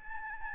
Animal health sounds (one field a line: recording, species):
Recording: mosquito wingbeat signal from an infrared sensor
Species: Aedes albopictus